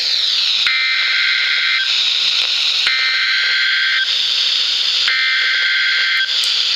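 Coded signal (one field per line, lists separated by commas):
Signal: Emergency Alert System (SAME) tones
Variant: header bursts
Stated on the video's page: Flash flood warning broadcast on NOAA weather radio station KZZ31 from the Mount Holly, NJ forecast office.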